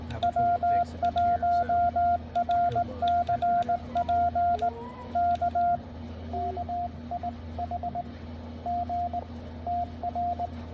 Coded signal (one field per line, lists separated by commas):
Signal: Morse code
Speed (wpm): 18 wpm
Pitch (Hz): 700 Hz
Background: radio noise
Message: W1RCP K KIH G TR